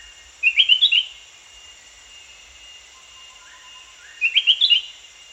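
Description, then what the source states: Spectacled bulbul call: two quick bursts of bright, tumbling chirps, a faint low whistle between, over a steady high insect drone. Danum, 1 January 2008.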